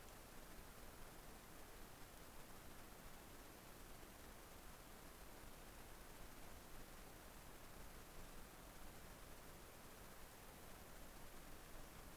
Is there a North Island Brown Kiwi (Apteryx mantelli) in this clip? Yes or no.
no